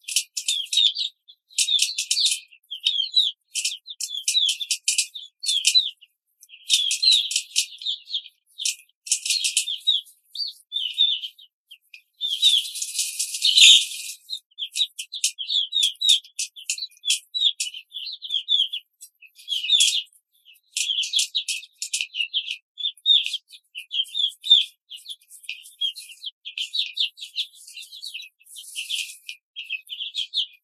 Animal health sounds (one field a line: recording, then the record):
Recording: young laying hens in a cage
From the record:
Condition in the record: control cage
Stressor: none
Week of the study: 5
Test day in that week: 1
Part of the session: 3